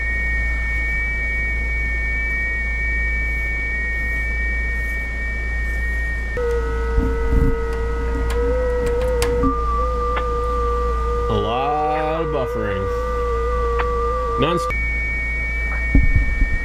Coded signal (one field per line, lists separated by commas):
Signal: FT8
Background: speech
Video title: digital ham radio